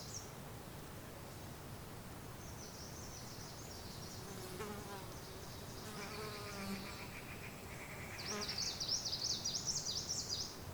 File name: Ambience of the Asian mountains with birds